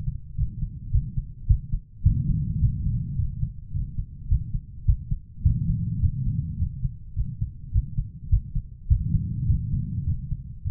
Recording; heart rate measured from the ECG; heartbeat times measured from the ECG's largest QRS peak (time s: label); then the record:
heart sounds by stethoscope; 105 bpm
0.36 s: heartbeat
0.91 s: heartbeat
1.47 s: heartbeat
2.03 s: heartbeat
2.60 s: heartbeat
3.16 s: heartbeat
3.72 s: heartbeat
4.28 s: heartbeat
4.85 s: heartbeat
5.43 s: heartbeat
6.00 s: heartbeat
6.57 s: heartbeat
7.14 s: heartbeat
7.72 s: heartbeat
8.29 s: heartbeat
8.88 s: heartbeat
9.46 s: heartbeat
10.05 s: heartbeat
10.63 s: heartbeat
From the record:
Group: healthy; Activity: rest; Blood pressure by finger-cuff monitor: 114/60 mmHg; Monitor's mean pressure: 80 mmHg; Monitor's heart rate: 105 bpm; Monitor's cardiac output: 9 L/min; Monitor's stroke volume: 85 mL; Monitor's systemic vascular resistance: 640 dyn s/cm5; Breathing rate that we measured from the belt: 17 breaths a minute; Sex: female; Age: 43 years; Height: 160 cm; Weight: 90 kg